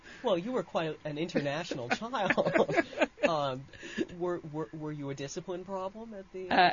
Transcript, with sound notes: Well, you were quite an international child. ( they laugh ) Were you a discipline problem at the, uh...